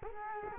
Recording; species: mosquito wingbeat signal from an infrared sensor; Culex quinquefasciatus